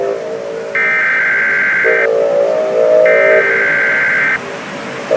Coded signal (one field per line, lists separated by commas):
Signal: Emergency Alert System (SAME) tones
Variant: header bursts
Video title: EAS Scenario 7: Air Conditioner’s h€\_\_ Pt. 2